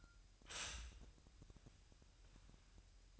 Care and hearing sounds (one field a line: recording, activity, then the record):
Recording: daily activity, microphone in the room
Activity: stop toaster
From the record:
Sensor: 2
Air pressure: 1001.9 hPa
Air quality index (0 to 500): 246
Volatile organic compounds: 38 ppm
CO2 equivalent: 3108 ppm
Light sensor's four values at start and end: 9/30/12/11 and 9/30/12/11